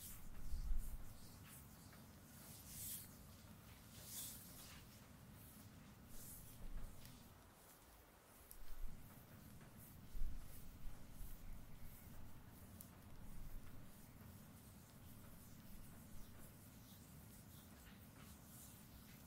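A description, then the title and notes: A shoulder massage with a steady low rubbing and kneading running through nearly the whole stretch, dropping out briefly around the eight-second mark. Soft scratchy brushing sounds and occasional sharper taps appear on top, with a few louder bumps near the start and around ten seconds. ASMR shoulders Relaxing massage no talking. Intense asmr shoulder massage rp with tools.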